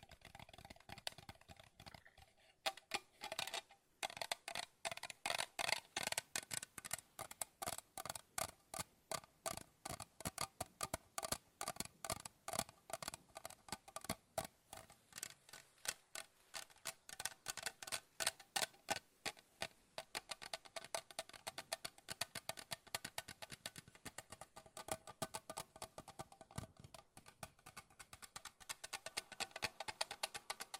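Fast tapping runs nearly nonstop in quick, fairly regular bursts of sharp, bright clicks, starting sparse and becoming dense after about three seconds.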